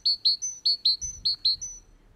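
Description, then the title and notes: Great tit singing a quick run of clear, high, alternating two-note phrases, several notes in under two seconds, then stopping. "Talitiainen."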